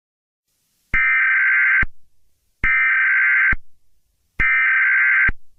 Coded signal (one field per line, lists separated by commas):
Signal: Emergency Alert System (SAME) tones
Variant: header bursts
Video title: EAS Scenario #7: Adventure Island